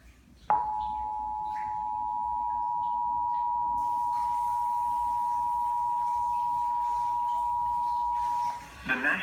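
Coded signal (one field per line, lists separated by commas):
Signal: Emergency Alert System (SAME) tones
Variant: 853 and 960 Hz attention tone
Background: speech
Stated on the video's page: Severe thunderstorm warning from NWS Mount Holly, NJ, aired on TV station NJTV.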